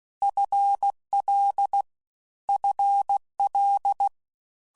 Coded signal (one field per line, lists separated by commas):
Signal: Morse code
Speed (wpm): 16 wpm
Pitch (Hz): 800 Hz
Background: none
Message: FL FL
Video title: CW Methodologies and Sound Bites WA7RSO